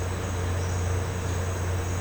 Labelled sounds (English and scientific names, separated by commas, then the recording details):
none
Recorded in pastures near Puerto Asís, Putumayo, Colombia, on 13 March 2025 at 12:00
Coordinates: 0.466, -76.322
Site CSA-02